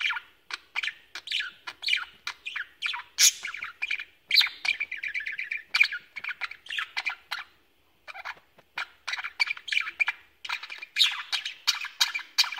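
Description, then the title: Budgerigar chatter: rapid streams of short squawks, clicks and warbling chirps, with bursts of fast trilled notes and a brief pause near the eighth second. "Budgie Sounds"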